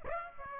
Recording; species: mosquito wingbeat signal from an infrared sensor; Aedes aegypti